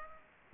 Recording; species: mosquito wingbeat signal from an infrared sensor; Aedes aegypti